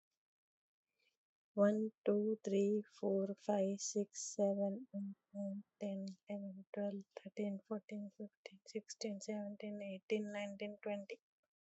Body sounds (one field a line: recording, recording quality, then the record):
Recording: counting at a normal pace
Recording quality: excellent, no background noise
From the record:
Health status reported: healthy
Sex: female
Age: 49 years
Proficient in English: yes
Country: India